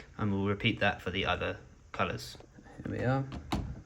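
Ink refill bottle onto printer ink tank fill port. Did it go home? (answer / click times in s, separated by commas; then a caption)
no / none. An upturned plastic ink refill bottle is handled over the fill nozzle of the ink tank on an HP Smart Tank 500 printer while someone talks. Nothing has seated or clicked yet.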